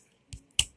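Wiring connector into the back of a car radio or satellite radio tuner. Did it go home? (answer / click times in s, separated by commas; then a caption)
yes / 0.6 s. A wiring connector is pushed into the back of a car radio or satellite radio tuner. A soft snap at about 0.3 s and a faint tick near 0.5 s lead up to a sharp, loud click at 0.6 s as the connector clicks in and seats.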